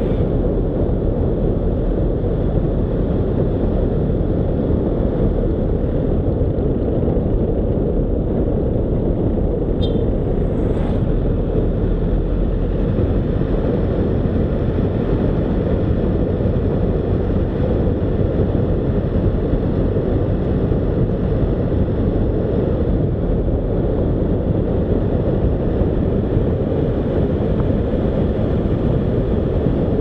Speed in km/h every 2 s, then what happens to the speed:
38, 38, 36, 33, 31, 31, 34, 35, 36, 39, 40, 40, 41, 44, 46.
0-10 slows to 31. 10-30 speeds up to 46.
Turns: none.